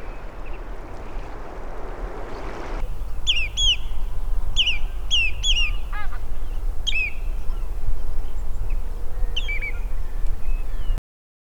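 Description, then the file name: Common redshank calls, scattered pairs of sharp down-slurred whistled notes in irregular bursts, heard over strong low wind noise. "Scolopacidés-Tringa-totanus-Chevalier-gambette"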